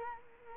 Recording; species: mosquito wingbeat signal from an infrared sensor; Culex quinquefasciatus